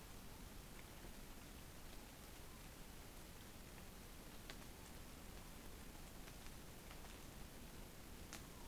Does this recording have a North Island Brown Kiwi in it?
no